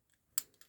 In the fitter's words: right, double lock set, both sides.